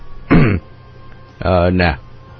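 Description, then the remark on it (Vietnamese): A man clears his throat in two voiced bursts, a short one and then a longer, louder rumble with a slight break in the middle, against a quiet background. “hắng giọng rồi cố tạo bộ mặt vui vẻ cất tiếng hỏi.”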